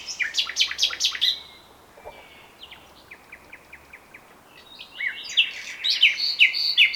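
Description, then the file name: Common nightingale song opening with loud chirps, then a string of evenly spaced soft notes, ending in a dense burst of rapid varied phrases. "Luscinia megarhynchos"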